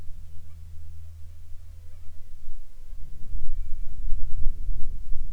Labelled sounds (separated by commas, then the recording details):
wind, aircraft, insects
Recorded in the Arctic National Wildlife Refuge, Alaska, on 7 July 2019 at 19:22
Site 41